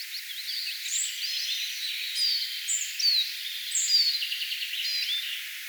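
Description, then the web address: Spotted flycatcher song: thin, very high squeaky notes at irregular intervals, set against a busy chorus of other birds' warbling and trilling phrases. Singing bird, recorded 4 June 2025. "paivat 4 6 2025 harmaasieppo laulaa"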